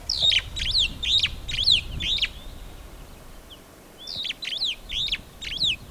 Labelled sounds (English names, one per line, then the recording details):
Superb Starling flight call
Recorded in Kenya on 14 April 2009 at 15:46
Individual 2, of group CF1